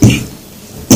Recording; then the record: coughing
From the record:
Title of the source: Spring Cold Coughing.